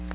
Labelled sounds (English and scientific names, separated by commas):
Nashville Warbler (Leiothlypis ruficapilla) flight call